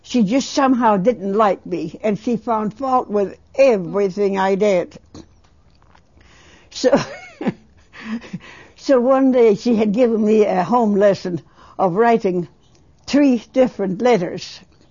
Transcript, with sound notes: She just somehow didn't like me, and she found fault with everything I did. So-- (She laughs.) So one day she had given me a home lesson of writing three different letters,